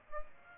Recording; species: mosquito wingbeat signal from an infrared sensor; Aedes aegypti